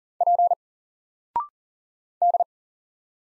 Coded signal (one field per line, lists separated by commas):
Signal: Morse code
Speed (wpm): 40 wpm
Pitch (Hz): 700 Hz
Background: none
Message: P D